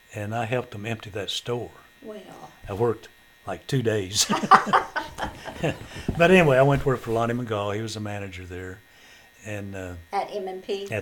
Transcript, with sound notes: And I helped them empty that store.
Well.
I worked like two days. (Laughter) But anyway, I went to work for Lonnie Mcgall he was the manager there and--
At M&P?